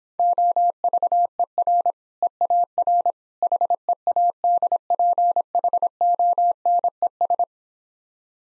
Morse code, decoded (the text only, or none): OVER EAR HEADPHONES